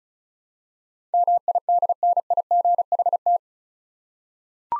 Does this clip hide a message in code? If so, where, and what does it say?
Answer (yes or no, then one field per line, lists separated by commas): yes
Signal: Morse code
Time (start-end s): 1.1-3.4 s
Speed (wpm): 36 wpm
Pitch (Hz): 700 Hz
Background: none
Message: MIDNIGHT